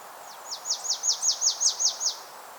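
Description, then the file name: Marsh tit calling a quick series of high, down-slurred notes, evenly spaced at several per second, over steady hissing background noise. "Poecile palustris"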